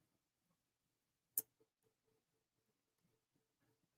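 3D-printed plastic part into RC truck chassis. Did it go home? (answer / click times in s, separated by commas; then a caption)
yes / 1.4 s. A 3D-printed plastic part is pressed onto an RC truck chassis build and snaps into place with one sharp click at 1.4 seconds. The rest of the clip is quiet, with faint low handling sounds and a soft tonal hum. The part is seated.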